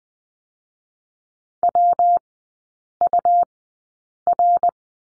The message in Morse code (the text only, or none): WUR